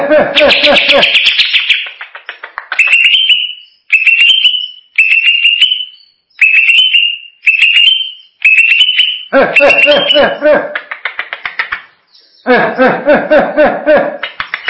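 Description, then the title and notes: Greater green leafbird mixing short rising whistles with loud, harsh, rapid chattering passages at the start and toward the end. Described as a champion singing bird. "Kicau Burung Cucak Ijo Juara. Suara kicauan burung cucak ijo"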